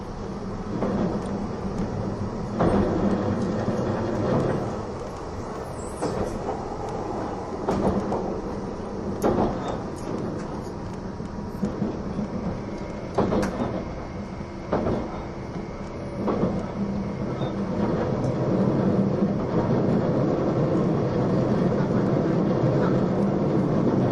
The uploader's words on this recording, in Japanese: E261系 S踊り子01号02 熱海～伊豆急下田。伊豆への新たなフラッグシップトレインとなる、E261系S踊り子01号を収録したものです。走行音。